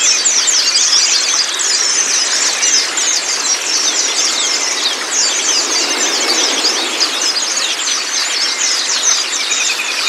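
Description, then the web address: White-eye song: a dense, unbroken mass of high, quick chirps and twitters overlapping throughout, with no pauses. Therapy recording meant to get the white-eye to open its beak and sing; used as a masteran (song-tutor) track. "audio pleci-terapi-buka-paruh. masteran pleci"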